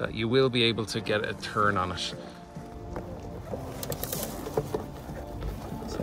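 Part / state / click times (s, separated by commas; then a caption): extension bar into ratchet drive / not seated / none. Someone talks while a small extension piece is pushed into a ratchet drive where the socket protrudes, to turn a seat bolt on a Nissan Leaf seat. Brief sharp ticks sound around 3.0 s, 3.8 to 4.1 s and 4.6 s. The extension does not lock into place but goes in far enough to turn the bolt, and nothing has seated or clicked yet.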